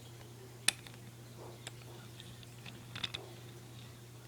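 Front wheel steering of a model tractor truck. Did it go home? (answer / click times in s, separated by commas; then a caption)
yes / 0.7 s. The front wheels of a model tractor truck are turned to their shallow steering lock and click into place with a sharp tick at 0.7 s. Several fainter ticks follow, the strongest near 3.0 s, over a steady low hum.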